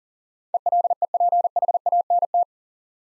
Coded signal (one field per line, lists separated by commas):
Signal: Morse code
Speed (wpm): 40 wpm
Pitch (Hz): 700 Hz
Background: none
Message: ELEPHANT